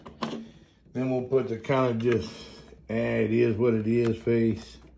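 An interchangeable plastic face or head is handled near a large action figure while someone talks, with a short sharp tap near 0.2 s. Nothing has seated or clicked into place yet.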